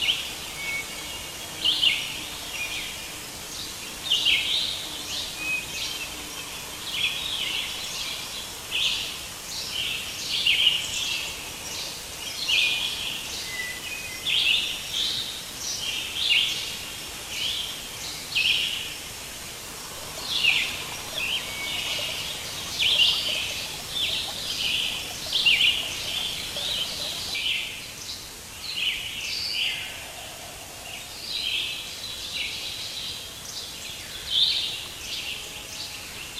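Birds chirp and tweet almost continuously, short bright calls repeating every second or so across the whole clip, sometimes overlapping. Underneath runs a steady, soft hiss like a gently trickling stream, with no other sounds standing out.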